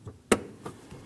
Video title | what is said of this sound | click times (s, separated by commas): How to Replace Windshield Washer Reservoir 2013-2019 Ford Escape | Listen for the click on both of those. | 0.3 s